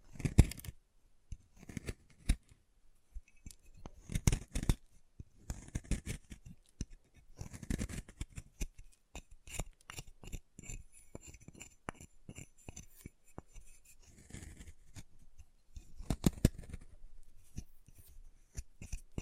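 Chalk is carved and cut in a series of short, dry scraping strokes and sharp ticks, with brief gaps between them. Denser bursts come around 2, 4, 8 and 16 seconds, mixing rasping scrapes with small clicks and taps.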